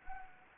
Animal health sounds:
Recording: mosquito wingbeat signal from an infrared sensor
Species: Anopheles gambiae

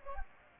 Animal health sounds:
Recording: mosquito wingbeat signal from an infrared sensor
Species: Anopheles gambiae

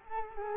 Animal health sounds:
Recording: mosquito wingbeat signal from an infrared sensor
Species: Culex quinquefasciatus

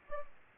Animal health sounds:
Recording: mosquito wingbeat signal from an infrared sensor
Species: Aedes aegypti

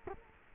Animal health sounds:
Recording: mosquito wingbeat signal from an infrared sensor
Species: Culex quinquefasciatus

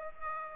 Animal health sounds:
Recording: mosquito wingbeat signal from an infrared sensor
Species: Aedes aegypti

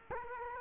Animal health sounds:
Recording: mosquito wingbeat signal from an infrared sensor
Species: Culex quinquefasciatus

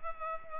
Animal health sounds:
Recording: mosquito wingbeat signal from an infrared sensor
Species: Culex pipiens

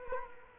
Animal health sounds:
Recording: mosquito wingbeat signal from an infrared sensor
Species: Culex quinquefasciatus

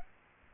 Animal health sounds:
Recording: mosquito wingbeat signal from an infrared sensor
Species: Aedes aegypti

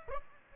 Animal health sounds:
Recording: mosquito wingbeat signal from an infrared sensor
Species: Aedes aegypti

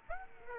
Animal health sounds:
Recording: mosquito wingbeat signal from an infrared sensor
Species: Aedes aegypti

